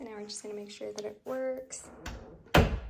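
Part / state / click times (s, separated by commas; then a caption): door latch bolt into door frame strike plate / seated / 2.5 s. After a newly installed craftsman-style door knob with no lock, someone talks while the door is closed to test it. The latch bolt snaps into the door frame's strike plate with a sharp click at 2.6 s, and the latch is seated.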